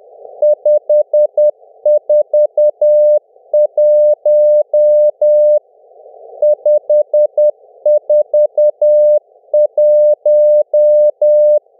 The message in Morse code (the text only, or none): 541 541